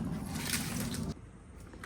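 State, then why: Seated. The wiring pin connector for a set of BOOST AUTO powered light-up running boards on an F150 truck is pushed into the truck's engine control unit (ECU) socket. A loud, steady broadband noise drops off sharply at about 1.1 s into a quieter background, and a faint tick at 1.7 s comes just before a sharp snap at 1.8 s. The connector is confirmed seated in the ECU.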